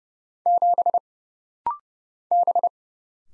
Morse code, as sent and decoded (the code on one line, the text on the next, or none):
--... / -...
7 B